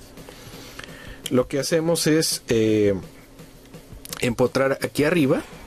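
A 3D-printed plastic foot accessory is being pressed and fitted up onto the original foot of a Transformers action figure while someone talks throughout. Faint handling taps occur around 0.8 s and 4.1 s, but nothing has seated or clicked into place yet.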